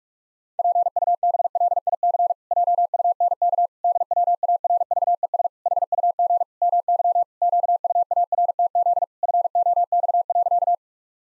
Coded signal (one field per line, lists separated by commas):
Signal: Morse code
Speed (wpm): 41 wpm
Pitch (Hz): 700 Hz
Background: none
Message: PUBLIC JUNK DWARVES HUG MY QUARTZ FOX.